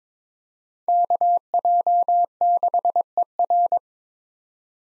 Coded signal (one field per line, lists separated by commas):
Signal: Morse code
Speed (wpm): 22 wpm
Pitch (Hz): 700 Hz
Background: none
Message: KJ6ER